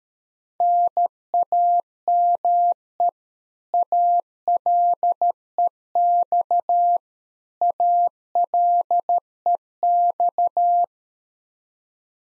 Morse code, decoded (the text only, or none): NAME ALEX ALEX